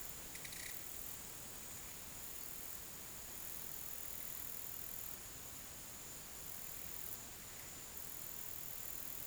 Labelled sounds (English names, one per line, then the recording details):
none
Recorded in pastures near Puerto Asís, Putumayo, Colombia, on 22 June 2025 at 15:30
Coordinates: 0.486, -76.323
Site H29